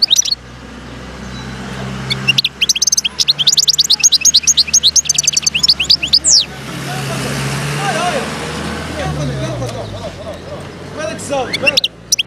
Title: اجمل غناءالحسون الخلويchant chardonneret sauvage